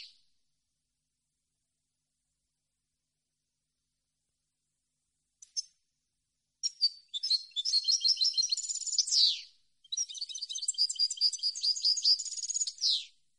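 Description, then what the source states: European goldfinch song, a few scattered chirps, then two long rapid twittering phrases ending in sharp downslurred buzzes. Clean goldfinch song on CD, for birds to copy as song training.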